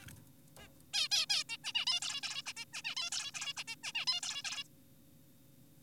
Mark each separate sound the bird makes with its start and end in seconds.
0.02-0.06, 0.57-0.68, 0.94-1.08, 1.12-1.26, 1.30-1.44, 1.49-1.57, 1.64-1.73, 1.75-1.85, 1.87-2.00, 2.02-2.21, 2.23-2.42, 2.46-2.53, 2.57-2.65, 2.73-2.82, 2.84-2.95, 2.97-3.10, 3.12-3.32, 3.35-3.54, 3.57-3.64, 3.68-3.76, 3.84-3.92, 3.95-4.06, 4.08-4.21, 4.23-4.42, 4.44-4.64